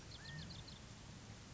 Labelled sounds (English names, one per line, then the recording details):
California Quail
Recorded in Sonoma County, California